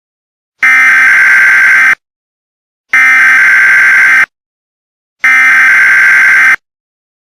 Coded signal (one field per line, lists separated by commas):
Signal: Emergency Alert System (SAME) tones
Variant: header bursts